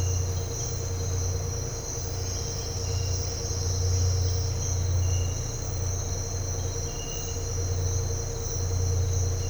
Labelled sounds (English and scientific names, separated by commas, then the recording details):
none
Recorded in dense forest near Puerto Asís, Putumayo, Colombia, on 13 March 2025 at 07:00
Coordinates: 0.468, -76.322
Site GP01